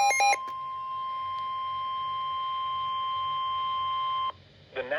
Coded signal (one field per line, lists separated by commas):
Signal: Emergency Alert System (SAME) tones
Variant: 1050 Hz attention tone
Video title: NOAA Weather Radio - Severe Thunderstorm Warning [EAS #151] (5/22/22)